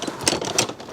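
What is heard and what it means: An infant car seat base from the CYBEX Aton G, Aton G Swivel and Cloud G Lux line is shoved into a vehicle seat, and its plastic ratchet tightening mechanism takes up slack so it will hold its tightest position. Sharp ratchet clicks sound at 0.3 s and 0.6 s over softer rattling. The base ratchets tight and is seated.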